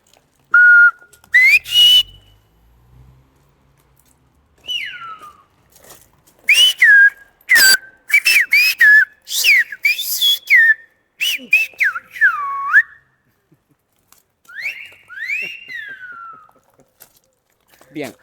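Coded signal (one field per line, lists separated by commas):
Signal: whistled language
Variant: Silbo canario (Canarian)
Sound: loud piercing whistles gliding up and down in speech-like phrases with pauses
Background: wind noise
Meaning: He called Mery by name and told her he is buying the first beer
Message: me llamó, me dijo a Mary y me dijo que la primera cervecita invita a él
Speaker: Me dijo, bueno, primero me llamó, me dijo a Mary y me dijo que la primera cervecita invita a él.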